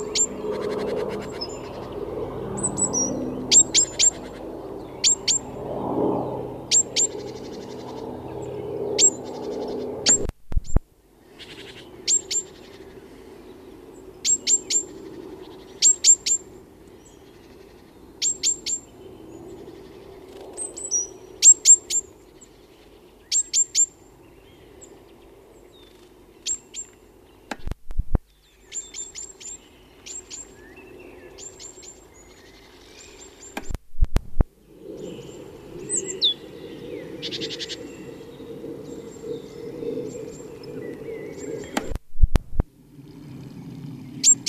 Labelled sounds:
Great Tit call

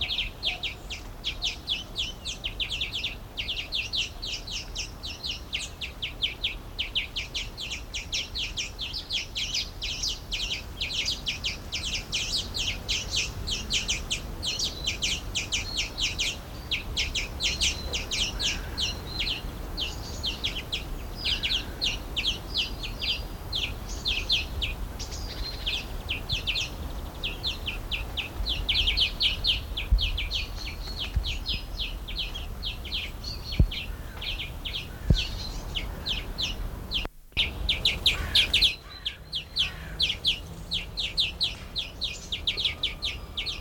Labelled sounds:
European Greenfinch

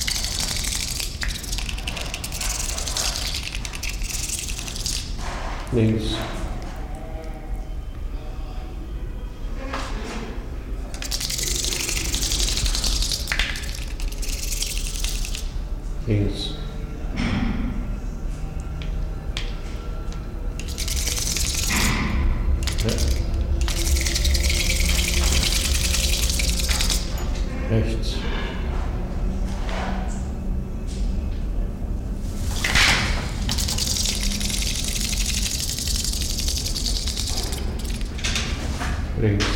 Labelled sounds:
White-crowned Hornbill

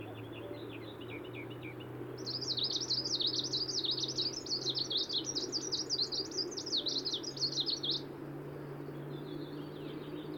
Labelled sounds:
Greenish Warbler song

